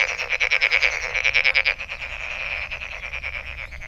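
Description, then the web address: Frog calling with fast rattling, pulsed croaks, loud at first and then softening. Recorded on 23 May 2008. "frog frog 20080523"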